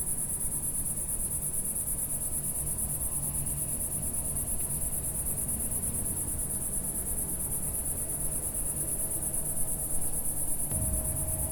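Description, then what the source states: Cicada producing an even, high-pitched sizzling buzz without break, a faint low hum and a brief click near the end. Single cicada in a garden in a small village in Picardy, northern France; early evening warmth, among lavender and myrtle bushes.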